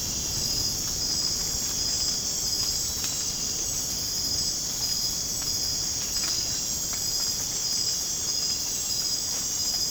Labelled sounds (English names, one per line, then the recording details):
none
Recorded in dense forest near Puerto Asís, Putumayo, Colombia, on 30 June 2025 at 23:30
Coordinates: 0.486, -76.317
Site G065